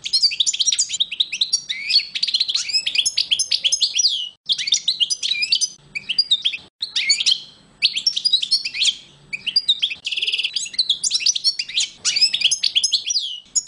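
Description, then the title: European goldfinch singing a long, fast, jangling medley of high twittering notes in several bursts, with short gaps and a buzzy rattle near ten seconds. "chardonneret"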